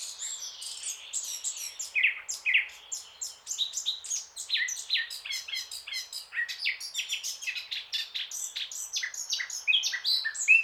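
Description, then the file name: Eurasian blackcap singing a long, unbroken stream of quick, varied chattering and warbling notes, high and bright throughout, with steady loudness. "Sylvia atricapilla"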